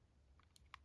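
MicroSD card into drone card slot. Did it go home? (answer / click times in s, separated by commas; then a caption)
yes / 0.7 s. A microSD card, metal contacts down, is pushed with a fingernail into the spring-loaded card slot of a DJI Mini 2 drone. Faint ticks and a small snap at 0.6 s lead to a sharp, bright click at 0.7 s as the card latches and seats in the slot.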